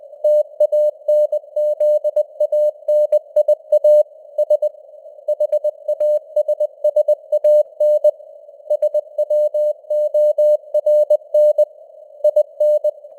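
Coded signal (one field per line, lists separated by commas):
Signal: Morse code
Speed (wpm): 20 wpm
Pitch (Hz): 600 Hz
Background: none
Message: TANZANIA S HASSAN SWORN IN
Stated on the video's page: News headlines sent in Morse at 20 wpm with simulated radio noise and varying signal strength (QSB); an experiment.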